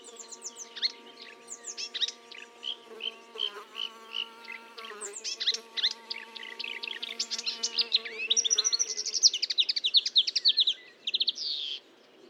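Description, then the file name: Marsh warbler song: varied whistles, trills and fast ticking series over a steady low hum, which stops near the end. Recorded at Fontaine-Française, Fourneau, France, on 1 June 2022 at 10:55, with a Nagra recorder and Telinga microphone. "Rousserolle verderolle 20220601 1055 Fontaine-Francaise-Fourneau-Nagra-Telinga"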